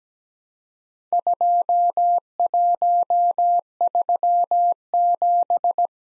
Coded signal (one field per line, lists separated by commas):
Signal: Morse code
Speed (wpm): 17 wpm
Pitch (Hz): 700 Hz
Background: none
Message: 2137